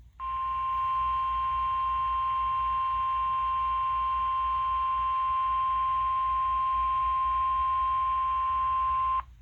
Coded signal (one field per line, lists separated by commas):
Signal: Emergency Alert System (SAME) tones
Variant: 1050 Hz attention tone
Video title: (READ DESC) Alerts of the Week: S1 Ep 8: Week of 10/4/21 (Old EAS 399-417)